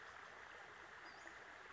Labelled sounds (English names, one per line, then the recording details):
Western Flycatcher
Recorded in Sonoma County, California